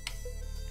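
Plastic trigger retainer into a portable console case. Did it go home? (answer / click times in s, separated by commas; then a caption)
yes / 0.1 s. A small plastic retainer that holds the trigger is pressed into the 3D-printed case of a portable Wii console build. A single sharp, loud click at 0.1 s is followed by steady tonal background sound. The retainer locks into place.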